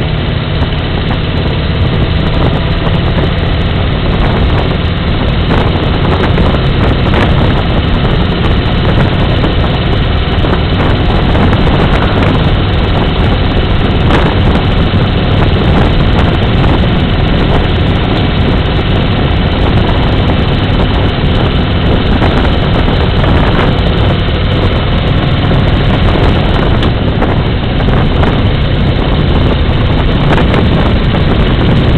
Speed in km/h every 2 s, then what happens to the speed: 48, 49, 49, 50, 52, 52, 53, 54, 58, 58, 58, 57, 57, 60, 59, 59.
0-32 speeds up to 59.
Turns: none.